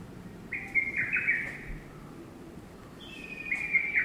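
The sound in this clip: Lesser cuckoo song: two quick, jerky phrases of high whistled notes, the second starting higher.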